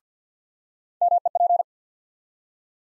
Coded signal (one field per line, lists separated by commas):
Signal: Morse code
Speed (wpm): 50 wpm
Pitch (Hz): 700 Hz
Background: none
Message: MEP